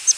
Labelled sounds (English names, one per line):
Palm Warbler flight call